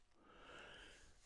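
A single harsh, honking snort-like cough from a dog, typical of the goose-honk cough of kennel cough, which started after a day at a boarding place or doggy daycare and usually lasts about 4 or 5 days.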